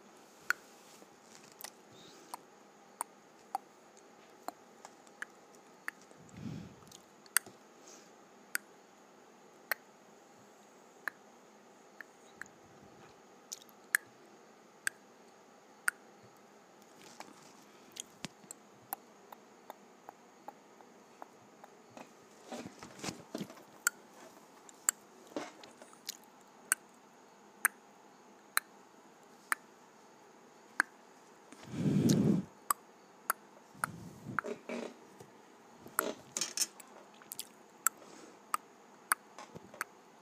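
Scattered wet tongue clicks pop at irregular intervals over a quiet hum, with a few louder smacking bursts near 6, 23 and 32 seconds.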